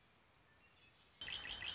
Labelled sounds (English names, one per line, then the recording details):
Red-winged Blackbird
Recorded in Sonoma County, California